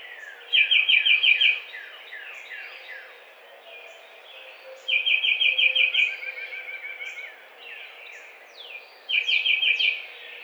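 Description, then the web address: Tufted titmouse song: bursts of quick, bright repeated whistled notes about every four seconds, over a busy chorus of other birds' downslurred chirps. Recorded 7 April 2009. "Tufted Titmouse 2009 04 07"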